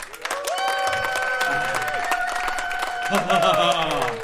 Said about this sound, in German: Und zwar im wundervollen, fantastischen E-Werk. Ein Applaus bitte.